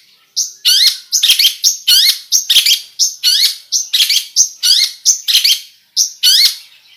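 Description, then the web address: Long-tailed shrike song: dense run of harsh, rapid notes mixed with clear whistled phrases rising and falling around mid-high pitch, delivered in quick bursts with brief gaps. Full song with imitations, called gacor in the local style. "cendet suara-cendet-gacor-full-isian"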